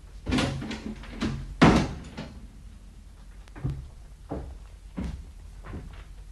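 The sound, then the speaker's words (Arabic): In an Arabic dramatisation of a Shakespeare play, a door swings and shuts on the lovers with a couple of heavy wooden thuds, followed by softer knocks and shuffling sounds with no talking. “دعي العاشقين وحدهما واغلقي دونهما الباب.”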